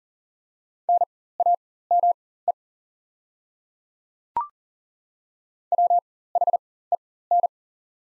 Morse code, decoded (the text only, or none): NAME WHEN